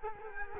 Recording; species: mosquito wingbeat signal from an infrared sensor; Culex quinquefasciatus